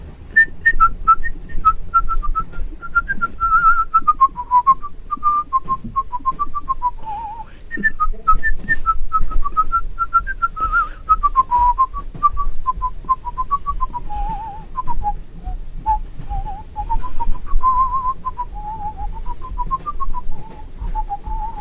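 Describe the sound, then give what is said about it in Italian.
Someone whistles a lively Neapolitan tarantella melody, a steady stream of bright, quick notes that wavers up and down, with a brief break partway through and a low rumble underneath. “Scendo grazie, felice, accompagnato dal tuo fischio.”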